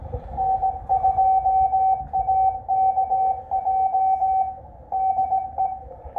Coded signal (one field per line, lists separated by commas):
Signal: Morse code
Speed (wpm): 19 wpm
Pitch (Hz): 760 Hz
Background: none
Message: N2AKJ DE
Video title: Doing POTA at a new park. Nissequogue River State Park K-2114.